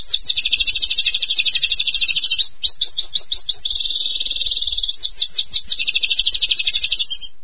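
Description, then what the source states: Bird pouring out a fast, high, buzzy trill of rapid repeated notes, broken by short pauses and shifts in rhythm, with no other clear sounds. Masteran bird song.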